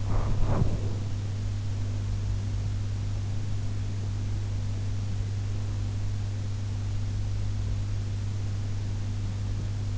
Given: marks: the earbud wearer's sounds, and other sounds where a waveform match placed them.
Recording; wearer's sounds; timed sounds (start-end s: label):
sounds in sleep by an in-ear microphone; body movement
0.00-1.82 s: body movement